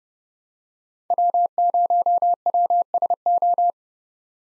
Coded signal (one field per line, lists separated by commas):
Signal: Morse code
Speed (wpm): 30 wpm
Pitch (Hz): 700 Hz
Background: none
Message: W0WSO